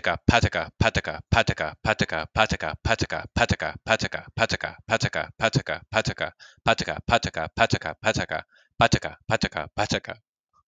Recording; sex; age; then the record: repeated syllables /pa ta ka/; male; 20 to 29 years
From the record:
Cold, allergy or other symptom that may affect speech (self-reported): no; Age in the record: 26 years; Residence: Maryland, United States